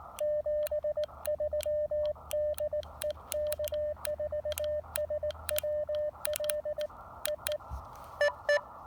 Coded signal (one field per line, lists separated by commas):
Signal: Morse code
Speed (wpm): 18 wpm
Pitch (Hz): 590 Hz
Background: radio noise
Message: 73 DE K4SWL EE EE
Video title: POTA Field Report: Putting my new-to-me Icom IC-703 Plus on the air